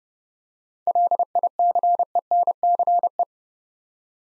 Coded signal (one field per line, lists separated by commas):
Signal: Morse code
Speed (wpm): 30 wpm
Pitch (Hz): 700 Hz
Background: none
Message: LICENCE